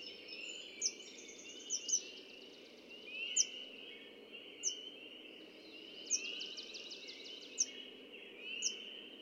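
Red-winged blackbird song: sharp high notes every second or so, with two buzzy, rattling trills, over steady background noise.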